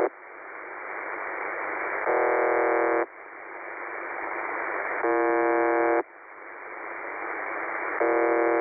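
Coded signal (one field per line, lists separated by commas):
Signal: numbers station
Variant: UVB-76 (The Buzzer)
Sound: radio hiss broken by three harsh one-second buzzes, one every three seconds; no voice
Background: radio static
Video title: The Buzzer/UVB-76 Voice Message (December 2, 2020 11:05 UTC)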